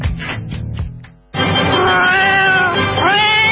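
A kitten mews in a few short bursts, then after a brief pause lets out a long, loud, drawn-out meow whose pitch wavers and rises toward the end.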